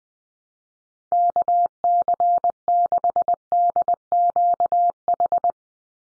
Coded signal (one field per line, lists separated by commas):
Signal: Morse code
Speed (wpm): 20 wpm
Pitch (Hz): 700 Hz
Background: none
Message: KC6DQH